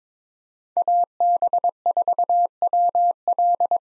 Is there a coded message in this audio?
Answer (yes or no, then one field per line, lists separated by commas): yes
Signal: Morse code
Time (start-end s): 0.8-3.8 s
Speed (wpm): 22 wpm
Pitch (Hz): 700 Hz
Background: none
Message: AB4WL